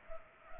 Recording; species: mosquito wingbeat signal from an infrared sensor; Culex pipiens